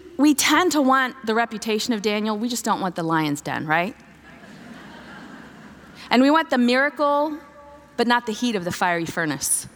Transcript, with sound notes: we tend to want the reputation of Daniel, we just don’t want the lion’s den, right? (laughter) And we want the miracle, but not the heat of the fiery furnace.